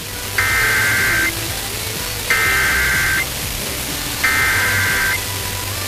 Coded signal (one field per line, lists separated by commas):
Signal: Emergency Alert System (SAME) tones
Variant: header bursts